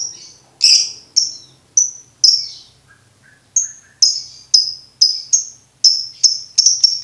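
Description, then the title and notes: Lovebird chirp series: sharp high notes, spaced irregularly at first, then coming faster and closer together toward the end. Training recording for birds to learn ngekek. "MASTERAN BURUNG 2. Belajar Ngekek. lofbet"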